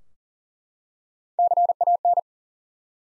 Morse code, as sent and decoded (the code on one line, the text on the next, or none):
-.-. .- -.
CAN